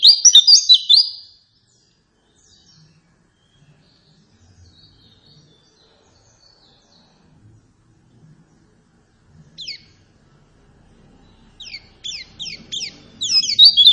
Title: Pleci Gacor. Apapun plecinya AKAN LANGSUNG MERESPON dan NYAUT dengan pancingan pleci ngotot ini